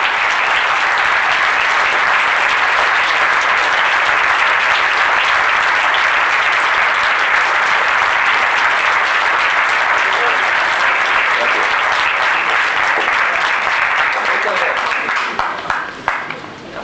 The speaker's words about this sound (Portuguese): un dos organizadores deste evento que tamén se merece un aplauso.